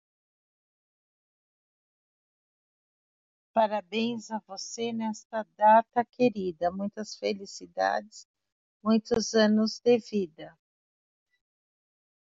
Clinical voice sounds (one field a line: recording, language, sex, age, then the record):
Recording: short text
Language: Brazilian Portuguese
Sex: female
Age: 50 to 59 years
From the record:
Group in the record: control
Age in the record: 54 years